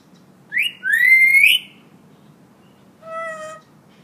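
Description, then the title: Hill myna giving loud whistled calls: two rising slurred notes, then after a pause a steady flat whistle with strong harmonics, over faint low hum. Actively singing (gacor) hill myna, recorded as a tutor recording (masteran) for training other birds. "Suara Burung Beo Gacor Cocok Untuk Masteran"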